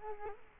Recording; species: mosquito wingbeat signal from an infrared sensor; Culex quinquefasciatus